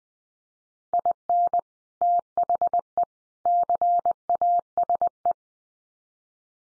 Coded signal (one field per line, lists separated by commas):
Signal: Morse code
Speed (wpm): 20 wpm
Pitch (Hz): 700 Hz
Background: none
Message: IN THE CASE